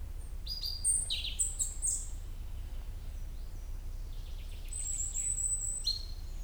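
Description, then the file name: European robin song: bursts of high tinkling, sliding notes separated by a short gap, over constant low-pitched background noise. "Erithacus rubecula"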